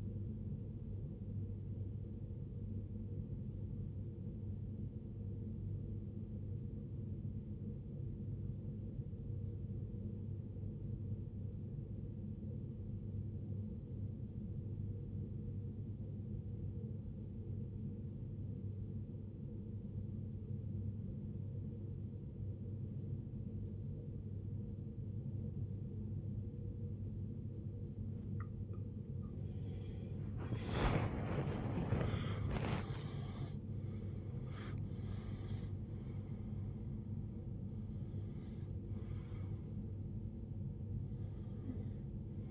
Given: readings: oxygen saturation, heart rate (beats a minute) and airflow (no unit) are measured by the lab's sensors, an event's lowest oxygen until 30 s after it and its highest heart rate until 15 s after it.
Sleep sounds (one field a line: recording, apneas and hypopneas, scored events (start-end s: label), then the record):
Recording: breathing in sleep by a smartphone at the bedside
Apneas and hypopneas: 1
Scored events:
4.00-28.80 s: obstructive apnea (REM, oxygen 95% highest, then 89% lowest, heart rate 51 at the start, 88 highest)
36.00-42.51 s: new sleep stage, N1 (lightest sleep)
From the record:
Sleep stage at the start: REM sleep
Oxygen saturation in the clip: 90 to 95%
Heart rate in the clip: 51 to 88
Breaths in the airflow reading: 5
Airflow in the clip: -22.8 to 19.6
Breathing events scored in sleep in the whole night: 389 in 6.3 hours asleep